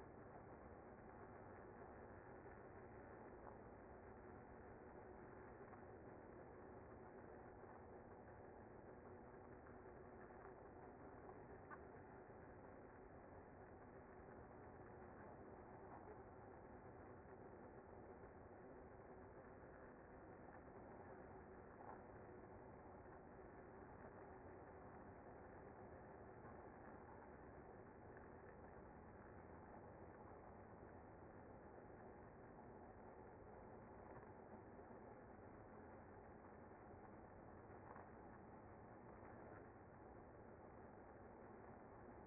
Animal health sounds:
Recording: honeybee colony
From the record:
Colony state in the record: active

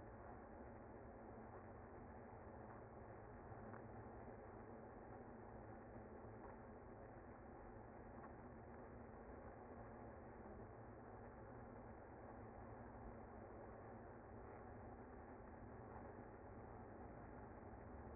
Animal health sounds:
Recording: honeybee colony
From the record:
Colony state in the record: active

